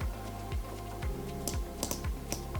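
The metal tongue of the chin strap on an ILM MF-509 motorcycle helmet is pushed into the metal click-in buckle under the helmet, over a steady background of music with low thumps about every half second. It gives a series of sharp, ratchet-like clicks at 1.5, 1.8, 1.9 and 2.3 seconds as it engages, and the buckle seats.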